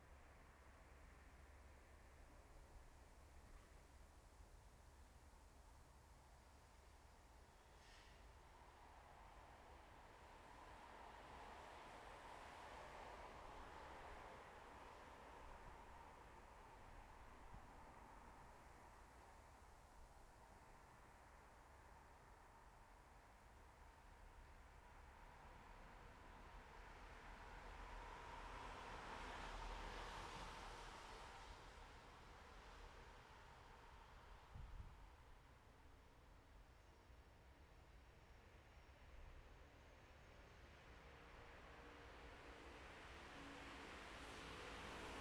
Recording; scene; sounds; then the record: everyday scene through a hearing-aid microphone; in traffic; traffic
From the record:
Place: bus stop on a city main road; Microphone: behind the ear, left, rear